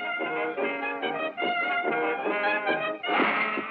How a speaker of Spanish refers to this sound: Instrumentos de viento.